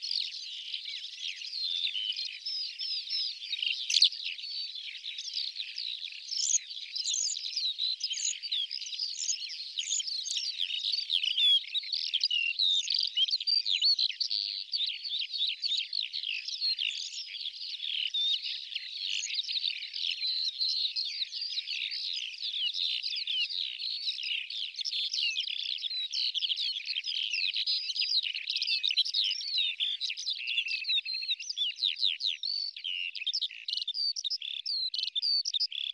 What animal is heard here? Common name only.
Black Lark